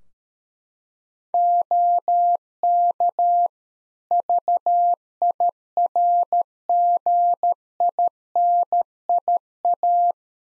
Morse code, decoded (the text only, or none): OK VIRGINIA